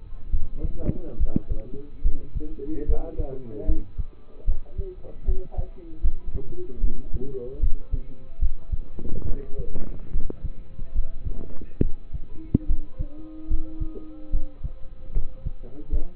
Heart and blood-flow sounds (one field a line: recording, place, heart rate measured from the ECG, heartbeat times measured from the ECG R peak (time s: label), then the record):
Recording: heart sounds by stethoscope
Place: between the tricuspid and mitral areas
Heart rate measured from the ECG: 73 bpm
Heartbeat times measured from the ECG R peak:
0.31 s: heartbeat
1.17 s: heartbeat
2.02 s: heartbeat
2.86 s: heartbeat
3.65 s: heartbeat
4.45 s: heartbeat
5.25 s: heartbeat
6.01 s: heartbeat
6.81 s: heartbeat
7.60 s: heartbeat
8.39 s: heartbeat
9.25 s: heartbeat
10.11 s: heartbeat
10.93 s: heartbeat
11.81 s: heartbeat
12.67 s: heartbeat
13.48 s: heartbeat
14.31 s: heartbeat
15.13 s: heartbeat
15.89 s: heartbeat
From the record:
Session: rest, lying down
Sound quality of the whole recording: partially saturated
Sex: male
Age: 27 years